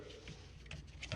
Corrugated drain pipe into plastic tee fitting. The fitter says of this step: We start by snapping it into that T. Make sure you hear that click when it goes in there.